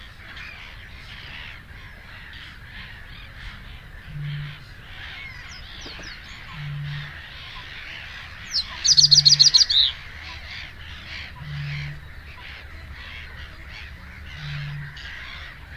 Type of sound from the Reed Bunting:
song